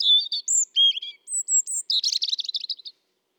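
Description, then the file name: European robin song: a thin, high phrase of clear whistled notes at shifting pitches, ending in a quick jumbled twittering flourish; no other sounds. "Erithacus rubecula"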